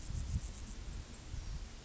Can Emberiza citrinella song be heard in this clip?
no